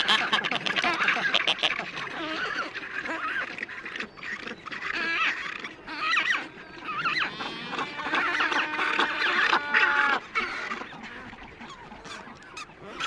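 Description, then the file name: Black-browed albatross calling: dense chorus of raspy, chattering squawks with some drawn-out harmonic wails, many birds calling over one another. "Canto do albatroz de sobrancelha"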